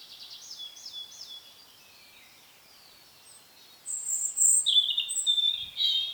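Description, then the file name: European robin song: soft repeated high notes at the start, a quiet pause, then a louder burst of sharp, thin whistled trills. "Erithacus rubecula"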